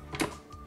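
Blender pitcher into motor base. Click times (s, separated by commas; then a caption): 0.1 s. A plastic Nutri Ninja Auto-iQ total crushing blender pitcher is set on its motor base with the handle at the front left or front right corner and turned clockwise. A short click at 0.2 s shows that the pitcher has seated in the right position on the base. A brighter broadband burst follows just after, then a low steady hum continues.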